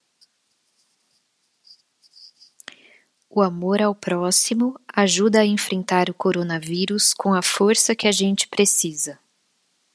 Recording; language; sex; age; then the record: spoken sentence; Brazilian Portuguese; female; 40 to 49 years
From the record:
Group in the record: control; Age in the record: 40 years